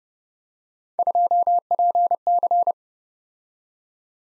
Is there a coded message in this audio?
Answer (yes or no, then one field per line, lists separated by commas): yes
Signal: Morse code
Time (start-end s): 1.0-2.7 s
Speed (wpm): 30 wpm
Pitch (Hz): 700 Hz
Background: none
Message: 2PC